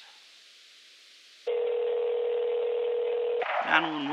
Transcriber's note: Phone Ringing